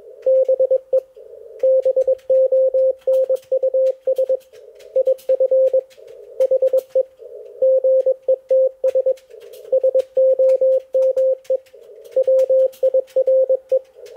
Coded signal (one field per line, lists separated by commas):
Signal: Morse code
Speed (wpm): 20 wpm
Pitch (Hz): 530 Hz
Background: none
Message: BE BONUS IF HE GETS SOME WIRE